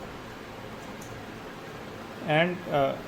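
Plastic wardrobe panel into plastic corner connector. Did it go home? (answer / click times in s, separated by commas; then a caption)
no / none. A plastic panel of a Lukzer 8 Cube/Door Shelving Plastic Clothes Storage Wardrobe Closet (DIY modular cabinet organizer) is placed and lined up in its plastic corner connector before being pushed home. A low, steady background hiss runs through the clip, and someone talks briefly near the end. Nothing has seated or clicked yet.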